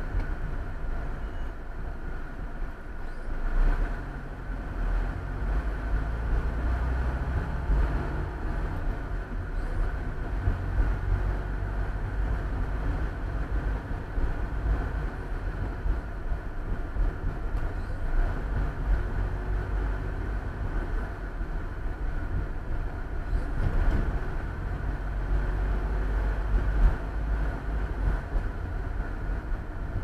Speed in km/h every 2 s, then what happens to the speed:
21, 15, 19, 23, 26, 29, 31, 31, 29, 29, 29, 28, 29, 31, 29.
0-3 slows to 15. 3-12 speeds up to 31. 12-30 steady at about 29.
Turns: none.